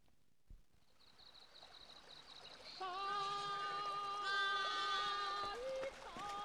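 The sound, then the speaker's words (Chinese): A steady hiss of flowing river water runs throughout, soft at first and growing fuller, joined partway by sustained, wavering high-pitched tones that sit over the rushing water. “嘿，你看看，你看看这河水啊，多清凉！”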